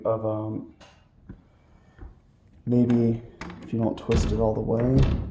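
Someone talks while handling a hotel room door, testing whether it closes without twisting the handle all the way, as the door latch moves toward the door frame strike. Faint short ticks are heard at about 1.3 s and 2.0 s between bursts of speech. The clip ends before the latch goes home, so nothing has seated or clicked yet.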